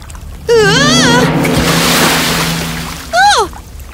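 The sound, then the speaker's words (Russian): A rushing surge of splashing water, a huge wave of Alice's tears sweeping her out through a door, swells and slowly fades, framed by a wavering, gliding voice-like wail at the start and a shorter rising-then-falling one at the end. “И тут огромная волна унесла Алису за дверь.”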